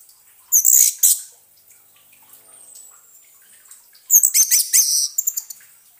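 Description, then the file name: Orange-headed thrush giving two high, tumbling bursts of song separated by a quiet gap with one thin drawn-out whistle. Song therapy for an orange-headed thrush that has stopped singing. "terapi suara anis merah macet bunyi"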